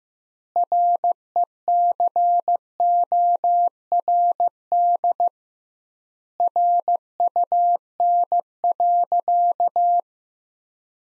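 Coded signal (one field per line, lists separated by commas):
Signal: Morse code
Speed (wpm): 15 wpm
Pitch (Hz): 700 Hz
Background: none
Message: RECORD RUN.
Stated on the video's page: Sentence copy practice at 15 wpm with 2x standard word spacing, a word-level analogue of Farnsworth spacing.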